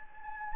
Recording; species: mosquito wingbeat signal from an infrared sensor; Anopheles gambiae